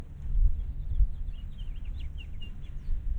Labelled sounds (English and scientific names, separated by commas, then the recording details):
House Finch (Haemorhous mexicanus) song
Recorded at North Valley Stream on Long Island, New York, on 11 June 1975
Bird A